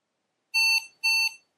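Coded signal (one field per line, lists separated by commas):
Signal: beep code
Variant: IBM PC XT BIOS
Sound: two short, buzzy square-wave beeps, evenly spaced, then silence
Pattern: 2 short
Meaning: Two short beeps mean the POST found an error, shown on screen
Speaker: we immediately get the 301 error at the top but that's perfectly fine since 301 means the keyboard isn't detected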